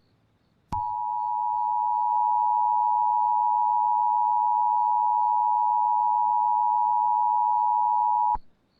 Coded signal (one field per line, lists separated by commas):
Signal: Emergency Alert System (SAME) tones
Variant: 853 and 960 Hz attention tone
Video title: STATE OF EMERGENCY!! "ALIEN INVASION ALERT" #alien #invasion #emergency